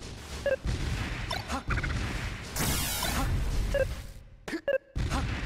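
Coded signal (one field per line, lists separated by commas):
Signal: none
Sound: game beeps during netplay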